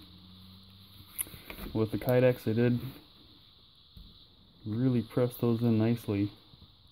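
A multitool is handled at a formed kydex (thermoplastic) holster sheath, which it is meant to be pressed firmly into until it snaps in, while someone talks over a faint steady high-pitched hiss. Brief sharp handling sounds occur near 1.2 s and 1.5 s. Nothing has seated or clicked into the holster yet.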